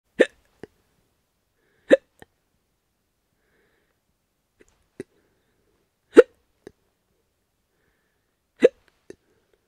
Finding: Human hiccup woman hiccup sfx.